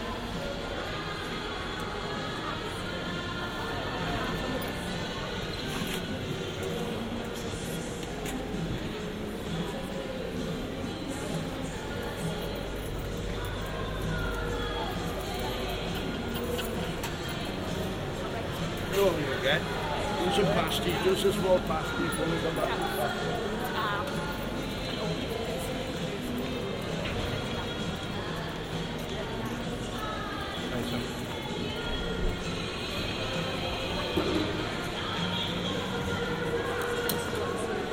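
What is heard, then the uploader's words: Busy indoor market: a steady, dense murmur of many voices with speech weaving in and out. Light clatter and footsteps sit underneath, and the activity swells briefly around twenty seconds before settling back to an even hubbub. Swansea Market. Recorded using the Sennheiser AMBEO Smart Headset.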